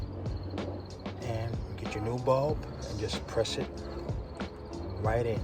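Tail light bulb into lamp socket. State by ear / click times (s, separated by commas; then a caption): not seated / none. A new wedge-base tail light bulb is handled over its plastic socket on a Jeep Wrangler JK tail light, ready to be pressed straight in. Someone talks over faint background music and a few light handling knocks, at 0.6, 1.1, 1.5 and 4.4 seconds. Nothing has seated or clicked yet.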